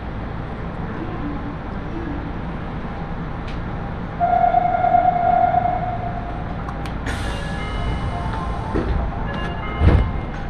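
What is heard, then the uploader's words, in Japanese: A ride on the Aonami Line and Higashiyama Line train, with a steady low rumble of the moving car throughout. Around four seconds a sustained tone rings out for a couple of seconds, then clattering and squeaking bursts follow, with a thud near the end. 鉄道旅 あおなみ線・東山線 金城ふ頭→荒子・高畑→名古屋。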